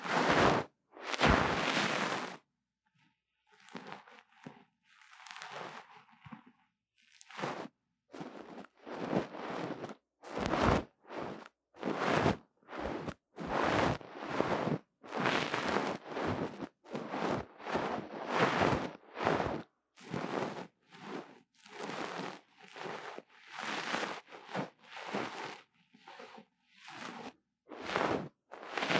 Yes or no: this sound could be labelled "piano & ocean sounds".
no